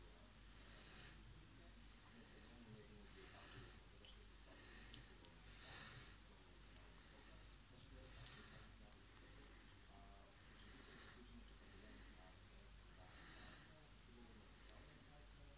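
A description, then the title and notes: A rabbit eats a banana, with soft, wet, squishy chewing sounds that come in short bursts about once a second for the whole clip. Faint sniffing and small clicks mix in, over a steady low hum. Rabbit eats a banana.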